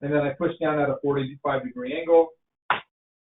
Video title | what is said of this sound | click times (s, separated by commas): Hybrid Technical Webinar Series: IQ Panel (May, 2020) | You hear that snap. | 2.7 s